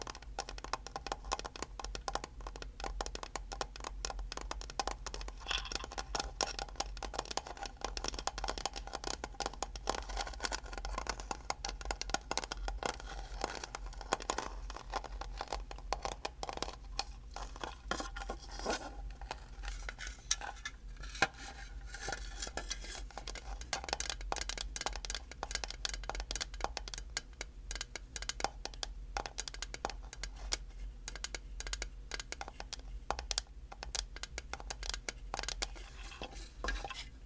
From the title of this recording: tapping, scratching, liquid sounds